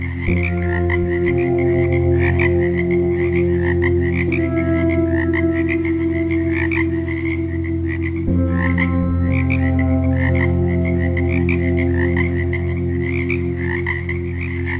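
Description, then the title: Continuous chorus of frog croaks in rapid pulses, with sustained music drones shifting pitch underneath. Ambient frog sounds mixed with meditation music tones. "Frogs and Meditation Tones for Easy Relaxing |Quick Relaxation Ep4"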